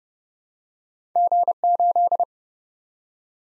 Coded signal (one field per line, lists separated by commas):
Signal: Morse code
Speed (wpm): 30 wpm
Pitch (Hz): 700 Hz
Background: none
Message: G8